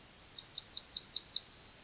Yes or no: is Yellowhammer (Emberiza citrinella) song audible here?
yes